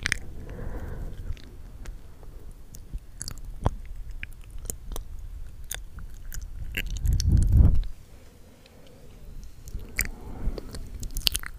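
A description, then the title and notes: Tingly mouth sounds from lipgloss application: a steady run of sharp, wet clicks and smacks, a few every second, over a soft low rustle. Near the eighth second a heavier, louder breathy swell rises for about a second, then the crisp clicks continue. Tingly mouth sounds (lipgloss application, breathing sounds, kisses etc.)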